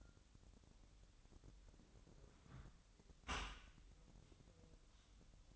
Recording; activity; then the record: daily activity, microphone in the room; close dishwasher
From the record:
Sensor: 3